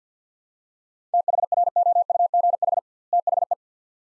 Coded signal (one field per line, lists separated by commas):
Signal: Morse code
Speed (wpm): 50 wpm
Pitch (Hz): 700 Hz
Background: none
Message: THROUGH THE